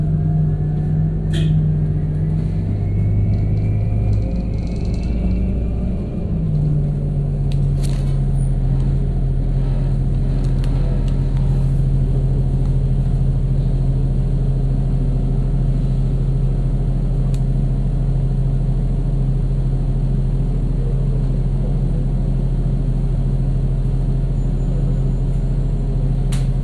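A bus drives with a constant deep engine rumble and hum, a shift in tone around six seconds, and occasional faint rattles and clicks.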